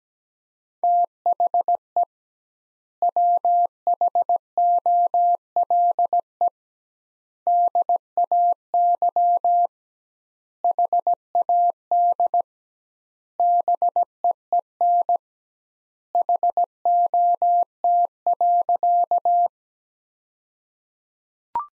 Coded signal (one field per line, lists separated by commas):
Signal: Morse code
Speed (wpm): 17 wpm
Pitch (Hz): 700 Hz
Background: none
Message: THE WHOLE DAY HAD BEEN HOT.